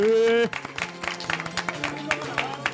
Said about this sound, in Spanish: ¡Un aplauso, hostia!